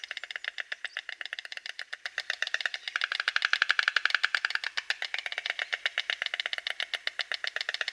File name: Bocian bialy